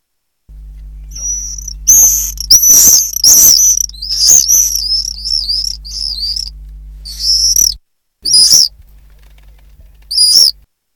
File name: apus apus